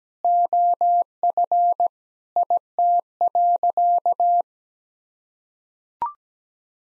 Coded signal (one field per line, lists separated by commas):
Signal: Morse code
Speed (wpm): 17 wpm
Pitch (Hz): 700 Hz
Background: none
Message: OF IT.